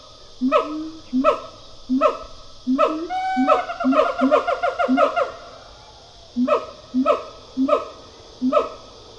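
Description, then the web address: Siamang barks repeated, then a fast burst of ringing notes before the spaced barks resume. Siamang pair call; stereo recording. "Sound Effects-Foundation. Animal Gibbon Siamang pair call"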